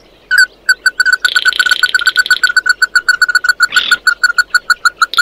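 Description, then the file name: Bird calls: a fast, steady run of short, clear piping notes, with harsh buzzy rasps overlaid. "Tieng chim mat do"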